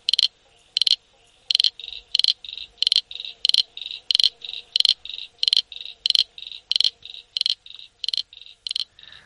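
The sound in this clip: Frog calling in a steady repeated series of sharp, high pulses alternating with shorter tonal notes.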